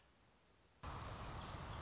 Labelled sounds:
American Robin
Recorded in Sonoma County, California

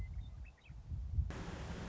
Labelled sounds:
Western Meadowlark
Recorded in Sonoma County, California

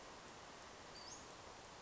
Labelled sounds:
Western Flycatcher
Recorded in Sonoma County, California

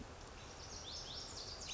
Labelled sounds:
Lazuli Bunting
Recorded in Sonoma County, California

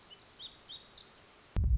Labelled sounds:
Black-throated Gray Warbler
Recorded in Sonoma County, California

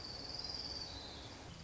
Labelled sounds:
Orange-crowned Warbler
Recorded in Sonoma County, California

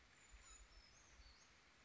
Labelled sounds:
Brown Creeper
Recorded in Sonoma County, California

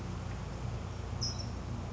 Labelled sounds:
California Towhee
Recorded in Sonoma County, California

